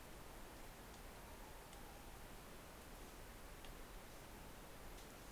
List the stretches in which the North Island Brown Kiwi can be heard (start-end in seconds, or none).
none